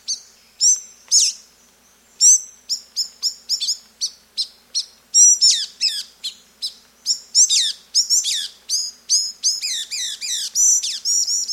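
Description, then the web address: Olive tanager song: a rapid series of high, sharp chirps and down-slurred notes, pausing briefly then building into a dense chattering run. South America. "Natures Songs S America Olive Tanager"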